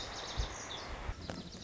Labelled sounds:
Lazuli Bunting (Passerina amoena)
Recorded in Sonoma County, California

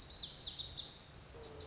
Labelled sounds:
Lazuli Bunting (Passerina amoena)
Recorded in Sonoma County, California

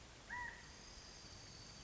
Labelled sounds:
California Quail (Callipepla californica)
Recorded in Sonoma County, California

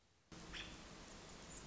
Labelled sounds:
American Robin (Turdus migratorius)
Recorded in Sonoma County, California

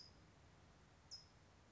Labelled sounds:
California Towhee (Melozone crissalis)
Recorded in Sonoma County, California

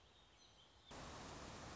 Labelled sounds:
Song Sparrow (Melospiza melodia)
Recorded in Sonoma County, California

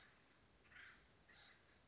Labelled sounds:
Acorn Woodpecker (Melanerpes formicivorus)
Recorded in Sonoma County, California

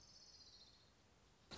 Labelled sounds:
Orange-crowned Warbler (Leiothlypis celata)
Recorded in Sonoma County, California

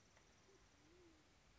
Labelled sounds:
Band-tailed Pigeon (Patagioenas fasciata)
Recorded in Sonoma County, California

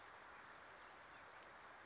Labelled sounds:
Western Flycatcher (Empidonax difficilis)
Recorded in Sonoma County, California

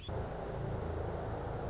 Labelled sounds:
Anna's Hummingbird (Calypte anna)
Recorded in Sonoma County, California

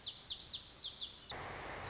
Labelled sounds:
Lazuli Bunting (Passerina amoena)
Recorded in Sonoma County, California

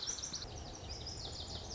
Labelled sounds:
Lazuli Bunting (Passerina amoena)
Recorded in Sonoma County, California

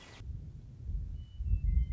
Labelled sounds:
Western Meadowlark (Sturnella neglecta)
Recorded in Sonoma County, California

